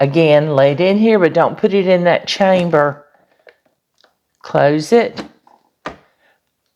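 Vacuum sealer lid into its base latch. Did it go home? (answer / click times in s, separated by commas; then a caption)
yes / 5.9 s. A hinged plastic lid of a VEVOR countertop vacuum sealer is closed over a bag and pressed down until it locks into its base latch. Someone talks, a few faint taps follow, and a sharp click at 5.9 s marks the lid locking shut.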